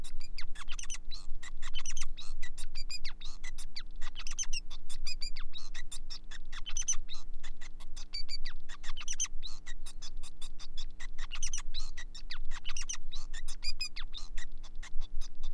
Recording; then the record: song of a male Bengalese finch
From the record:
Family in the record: son of father 5